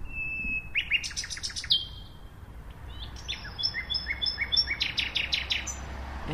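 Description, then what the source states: Common Nightingale song: a pure whistle, rapid repeated trills, sliding notes, then more whistles and fast chattering phrases, with low background rumble. Male just arrived from West Africa, singing at 3 a.m. in early spring to impress females with its repertoire; most impressive song wins the female; near oak trees in a Berlin city park.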